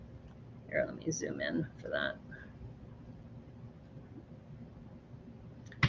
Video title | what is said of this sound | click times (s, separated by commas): Thrifty Thursday - DREAMzzz Izzie and Bunchu the Bunny - Set #71453 | then we have this gray piece which you can hear that click remember | 5.8 s